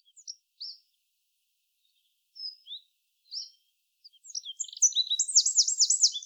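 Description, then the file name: Eurasian wren calls, scattered short high chips and ticks, then a fast, loud trilled rattle of repeated high notes near the end. "Troglodytes troglodytes"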